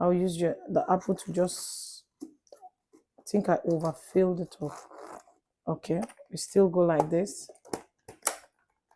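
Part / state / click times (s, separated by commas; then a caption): blender lid onto pitcher/base / not seated / none. Someone talks while handling an overfilled plastic Ninja blender, working its lid and pitcher assembly toward the base, with a few short taps and knocks between the words. Nothing has seated or clicked into place yet.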